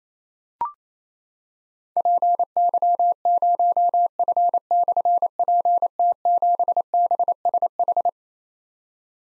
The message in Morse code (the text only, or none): PY0F/PT7BSH